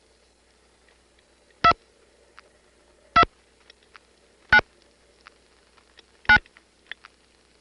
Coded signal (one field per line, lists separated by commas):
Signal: DTMF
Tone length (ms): 80 ms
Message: 2 2 9 9